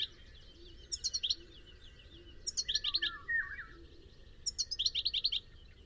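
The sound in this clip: Bird song: short bursts of quick high notes roughly every two seconds, with a few lower downslurred chirps in between.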